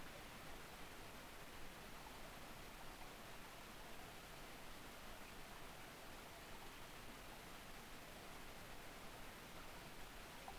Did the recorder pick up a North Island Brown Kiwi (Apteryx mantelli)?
no